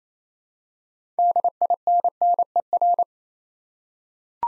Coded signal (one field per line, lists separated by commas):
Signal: Morse code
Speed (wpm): 29 wpm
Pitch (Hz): 700 Hz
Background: none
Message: DINNER